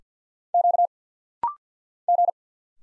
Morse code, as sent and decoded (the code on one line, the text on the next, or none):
--.- / --.
Q G